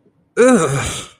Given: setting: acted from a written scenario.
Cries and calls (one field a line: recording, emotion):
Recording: vocal sound without words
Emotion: negative surprise